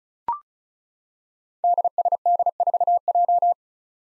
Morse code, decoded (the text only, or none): DSD4J